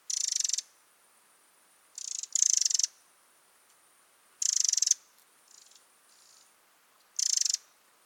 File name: Troglodytes troglodytes